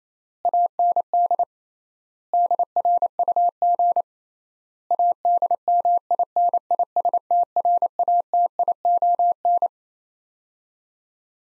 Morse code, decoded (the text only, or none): AND DRUG ADMINISTRATION